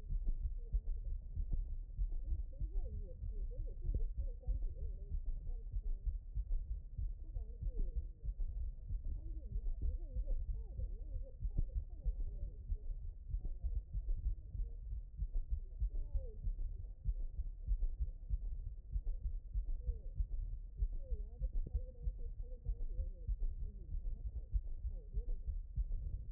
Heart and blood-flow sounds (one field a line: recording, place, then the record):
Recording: heart sounds by stethoscope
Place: mitral valve (MV)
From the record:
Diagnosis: HFrEF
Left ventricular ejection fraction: 10%